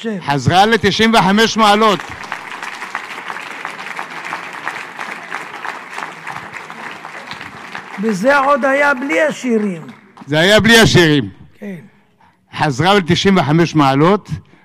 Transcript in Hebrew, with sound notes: חזרה לתשעים וחמש מעלות!
[הקהל מוחא כפים] וזה עוד היה בלי השירים!
זה היה בלי השירים
כן
חזרה ל-95 מעלות!!